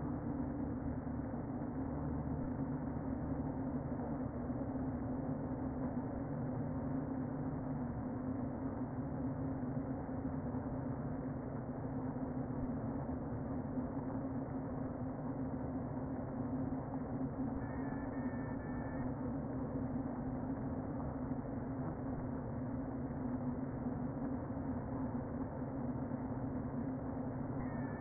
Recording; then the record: honeybee colony, microphone inside the hive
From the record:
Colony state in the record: queen present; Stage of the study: before two queens were removed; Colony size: about 60,000 bees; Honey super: yes